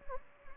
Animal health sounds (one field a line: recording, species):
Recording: mosquito wingbeat signal from an infrared sensor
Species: Anopheles gambiae